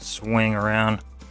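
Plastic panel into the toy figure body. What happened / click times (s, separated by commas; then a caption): Handled, not yet home: plastic toy part swung toward its lock / none. Someone talks while the second side of a plastic Transformers Legacy Wreck 'n' Rule Voyager Class Springer toy figure is swung around toward the body. The plastic panel is being handled and is not yet home; nothing has seated or clicked in this clip.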